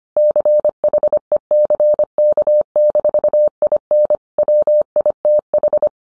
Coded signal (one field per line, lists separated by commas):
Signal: Morse code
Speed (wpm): 25 wpm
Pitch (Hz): 600 Hz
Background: none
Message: CHECK-IN WITH